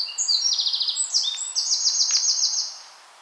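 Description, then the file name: Eurasian wren singing a loud, high, rapid jumble of sharp notes and fast rattling trills with hardly a pause. "Troglodytes troglodytes"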